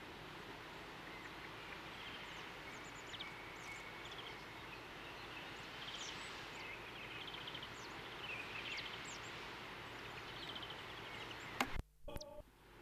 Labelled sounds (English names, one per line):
European Greenfinch song